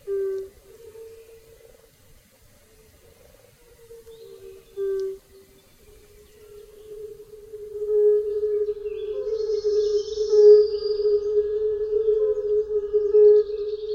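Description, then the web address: European fire-bellied toad calls begin as a few scattered low mellow notes, then swell into a continuous chorus after several seconds, with faint bird chirps above. "Tajemnice puszczy Kumak nizinny"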